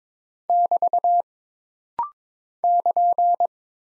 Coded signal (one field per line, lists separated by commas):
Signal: Morse code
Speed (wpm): 22 wpm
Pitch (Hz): 700 Hz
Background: none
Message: <BT> <KN>